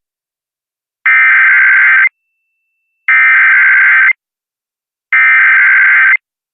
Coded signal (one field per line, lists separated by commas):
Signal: Emergency Alert System (SAME) tones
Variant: header bursts